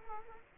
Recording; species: mosquito wingbeat signal from an infrared sensor; Culex quinquefasciatus